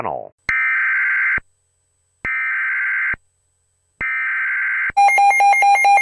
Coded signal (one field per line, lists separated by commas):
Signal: Emergency Alert System (SAME) tones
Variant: header bursts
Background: speech